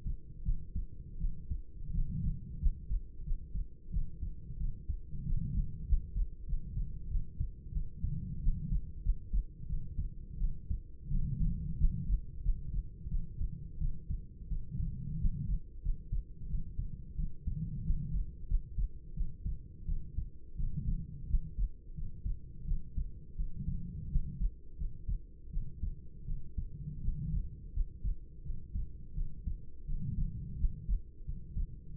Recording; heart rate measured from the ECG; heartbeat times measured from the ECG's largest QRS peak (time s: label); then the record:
heart sounds by stethoscope; 88 bpm
0.43 s: heartbeat
1.18 s: heartbeat
1.91 s: heartbeat
2.58 s: heartbeat
3.23 s: heartbeat
3.90 s: heartbeat
4.57 s: heartbeat
5.23 s: heartbeat
5.85 s: heartbeat
6.45 s: heartbeat
7.08 s: heartbeat
7.72 s: heartbeat
8.39 s: heartbeat
9.02 s: heartbeat
9.66 s: heartbeat
10.38 s: heartbeat
11.08 s: heartbeat
11.77 s: heartbeat
12.41 s: heartbeat
13.08 s: heartbeat
13.78 s: heartbeat
14.48 s: heartbeat
15.17 s: heartbeat
15.81 s: heartbeat
16.47 s: heartbeat
17.15 s: heartbeat
17.82 s: heartbeat
18.47 s: heartbeat
19.13 s: heartbeat
19.85 s: heartbeat
20.56 s: heartbeat
21.26 s: heartbeat
21.94 s: heartbeat
22.65 s: heartbeat
23.35 s: heartbeat
24.08 s: heartbeat
24.76 s: heartbeat
25.50 s: heartbeat
26.25 s: heartbeat
27.00 s: heartbeat
27.72 s: heartbeat
28.42 s: heartbeat
29.14 s: heartbeat
29.85 s: heartbeat
30.56 s: heartbeat
31.24 s: heartbeat
31.94 s: heartbeat
From the record:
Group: healthy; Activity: rest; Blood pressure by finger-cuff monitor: 133/78 mmHg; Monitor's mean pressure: 95 mmHg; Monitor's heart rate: 88 bpm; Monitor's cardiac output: 7.3 L/min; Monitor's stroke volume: 82 mL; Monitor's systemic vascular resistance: 970 dyn s/cm5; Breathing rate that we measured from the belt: 19 breaths a minute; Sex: female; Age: 26 years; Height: 165 cm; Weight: 55 kg